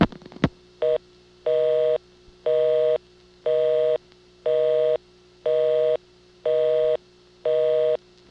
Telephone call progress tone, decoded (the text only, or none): busy tone